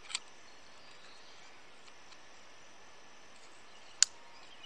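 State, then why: Seated. An OWL-NV N7 night vision clip-on, slid onto the front of its rifle-scope adapter and worked into the grooves, is twisted until it locks. A faint short tick at 0.2 s is followed by a sharp, loud click at 4.0 s, all over a steady, quiet background hiss. The clip-on is seated and locked onto the adapter.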